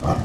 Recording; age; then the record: pig call; growing-finishing pig (85 days or more)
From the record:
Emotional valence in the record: positive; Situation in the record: run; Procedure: transit